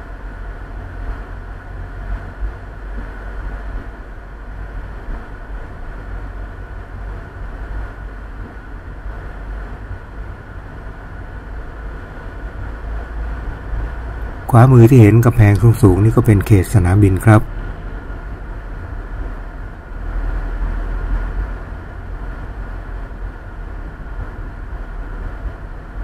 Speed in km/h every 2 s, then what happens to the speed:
24, 25, 25, 25, 25, 26, 28, 29, 28, 30, 31, 31, 32.
0-26 speeds up to 32.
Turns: none.